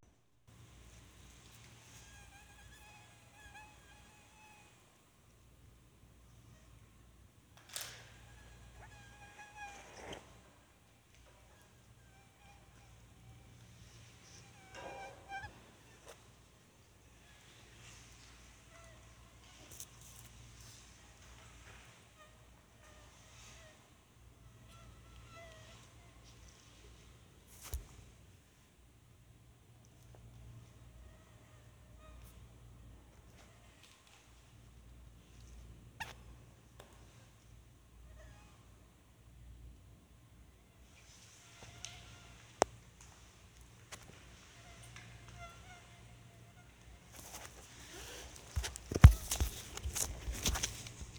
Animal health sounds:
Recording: mosquito flight sound by mobile phone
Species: Anopheles farauti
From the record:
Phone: Sony Xperia

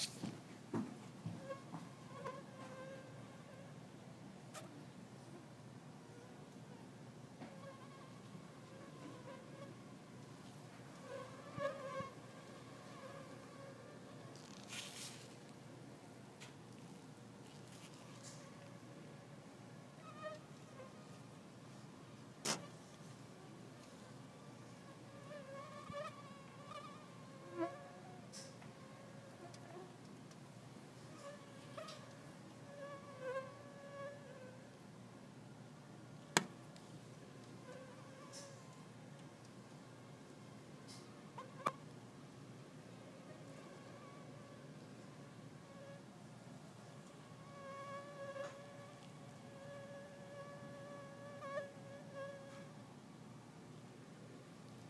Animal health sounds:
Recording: mosquito flight sound by mobile phone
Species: Culex pipiens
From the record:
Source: SanMateoVCD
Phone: iPhone 4S

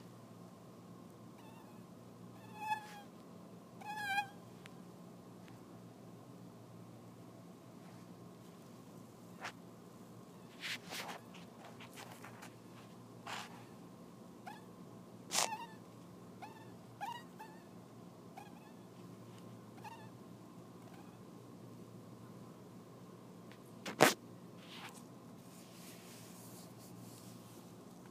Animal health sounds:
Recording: mosquito flight sound by mobile phone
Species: Anopheles dirus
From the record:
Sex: male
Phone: iPhone 4S

